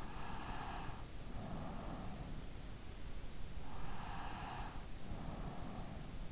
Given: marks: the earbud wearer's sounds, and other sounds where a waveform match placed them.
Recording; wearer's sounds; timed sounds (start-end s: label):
sounds in sleep by an in-ear microphone; breath
0.11-2.68 s: breath
3.72-6.31 s: breath